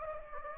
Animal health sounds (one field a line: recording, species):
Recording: mosquito wingbeat signal from an infrared sensor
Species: Anopheles gambiae